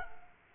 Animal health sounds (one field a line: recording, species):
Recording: mosquito wingbeat signal from an infrared sensor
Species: Culex quinquefasciatus